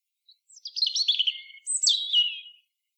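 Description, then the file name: European robin singing two quick, high-pitched phrases back to back, each a jumble of thin trills sliding down into a drawn-out whistle; nothing else audible. "Erithacus rubecula"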